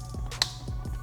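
A turn signal wiring connector for TST Mech-GTR LED front turn signals on a 2025+ Yamaha YZF-R3 is pushed into its mating harness plug. A soft knock at 0.3 s comes before a sharp click at 0.4 s, with steady low hum in the background. The connector is seated, its locking tab engaged.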